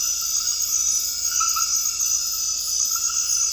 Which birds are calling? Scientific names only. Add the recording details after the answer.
none. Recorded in dense forest near Puerto Asís, Putumayo, Colombia, on 19 February 2024 at 00:00. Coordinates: 0.485, -76.318. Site G6408